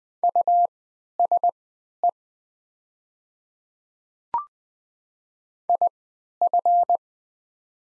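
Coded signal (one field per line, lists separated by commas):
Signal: Morse code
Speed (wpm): 20 wpm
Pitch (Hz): 700 Hz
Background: none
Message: USE IF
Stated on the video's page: 20 wpm Morse practice of the top 100 words with Farnsworth-style triple character spacing.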